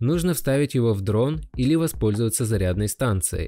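A plastic intelligent flight battery for a DJI Mavic Mini drone is being handled for insertion into a port of its charging hub while someone talks throughout. The clip ends before the battery goes home, so nothing has seated or clicked yet.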